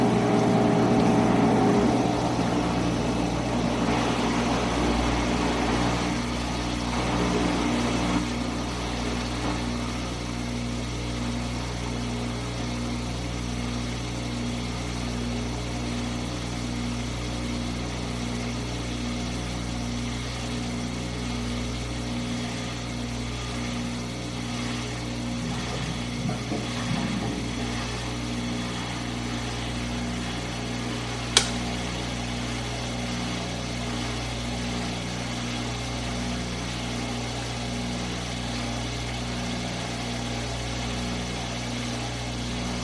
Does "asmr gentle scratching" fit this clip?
no